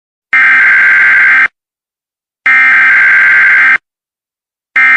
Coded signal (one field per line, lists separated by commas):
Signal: Emergency Alert System (SAME) tones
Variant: header bursts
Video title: EAS Scenario #3: The Hurricane Emergency for Miami-dade, Florida.